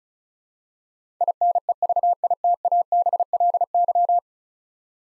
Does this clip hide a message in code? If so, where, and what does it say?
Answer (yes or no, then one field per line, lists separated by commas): yes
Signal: Morse code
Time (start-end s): 1.2-4.2 s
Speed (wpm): 34 wpm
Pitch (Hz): 700 Hz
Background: none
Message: INEVITABLY